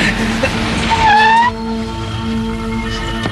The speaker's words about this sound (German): Vorsicht! Ein Auto runter! Schnell ins Gebüsch!